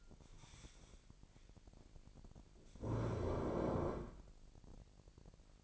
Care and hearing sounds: daily activity, microphone in the room; stand up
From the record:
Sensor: 5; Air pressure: 1002.0 hPa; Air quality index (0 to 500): 247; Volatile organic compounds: 30 ppm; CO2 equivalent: 2966 ppm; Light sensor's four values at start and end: 38/91/38/41 and 38/91/38/41

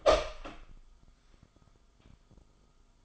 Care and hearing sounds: daily activity, microphone in the room; open door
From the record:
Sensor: 5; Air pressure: 1005.0 hPa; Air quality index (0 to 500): 101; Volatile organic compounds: 2 ppm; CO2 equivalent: 1233 ppm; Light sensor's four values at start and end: 34/79/32/30 and 34/79/32/30

